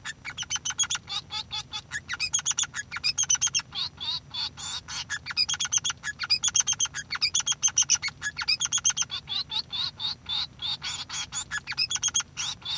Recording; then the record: song of a male Bengalese finch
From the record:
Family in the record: son of father 3